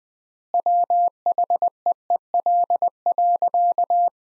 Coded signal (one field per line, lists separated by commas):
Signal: Morse code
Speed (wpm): 21 wpm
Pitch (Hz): 700 Hz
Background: none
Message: WHEEL.